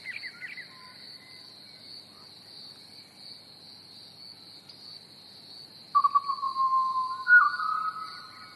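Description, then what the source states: Pied Butcherbird with a few brief whistled notes early on, then a fuller phrase of fluty whistles later, all over constant chirping crickets. Recorded together with chirping crickets.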